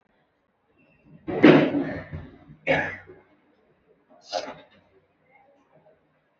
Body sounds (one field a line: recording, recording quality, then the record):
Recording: shallow breathing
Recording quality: poor, much background noise or distortion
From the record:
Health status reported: recovered from COVID-19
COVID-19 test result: negative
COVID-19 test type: RT-PCR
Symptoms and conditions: cough, cold, sore throat, fever, fatigue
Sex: female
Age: 31 years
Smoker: no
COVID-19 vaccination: both doses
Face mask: worn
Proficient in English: yes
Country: India